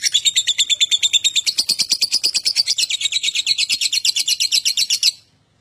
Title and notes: #5. LOVEBIRD GACOR OWOR OWOR. Lovebird Dewasa